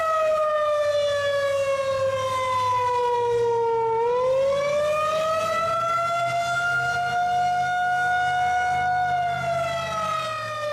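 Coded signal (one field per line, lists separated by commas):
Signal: siren signal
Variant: Federal Signal 2001-130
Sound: loud outdoor siren holding a rich tone, dipping in pitch once then rising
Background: low rumble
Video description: Today, however, the county sent out the tones for alert first, and after two minutes toned out the 2 minute attack cycle.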